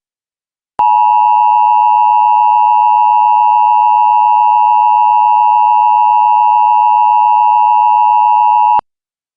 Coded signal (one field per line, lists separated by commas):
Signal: Emergency Alert System (SAME) tones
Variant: 853 and 960 Hz attention tone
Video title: EMERGENCY ALERT SYSTEM TORONTO WARNING CHICAGO ILLINOIS JULY 15 2024